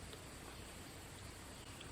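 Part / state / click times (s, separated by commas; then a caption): crossbow string into the trigger latch / not seated / none. A beginner pulls a crossbow string up by hand, trying to cock it into the trigger latch, over steady low noise with a brief faint sound near 1.8 seconds. The string does not reach the latch, so nothing has clicked or seated.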